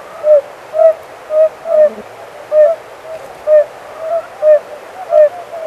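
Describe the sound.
Oriental fire-bellied toad giving several short, soft, hollow notes, fairly evenly spaced.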